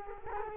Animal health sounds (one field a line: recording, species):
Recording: mosquito wingbeat signal from an infrared sensor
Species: Culex quinquefasciatus